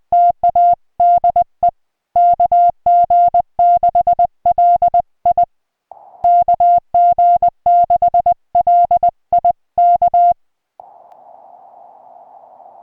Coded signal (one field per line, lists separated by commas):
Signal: Morse code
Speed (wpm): 20 wpm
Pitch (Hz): 700 Hz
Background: music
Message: TA DE KG6LI KG6LI K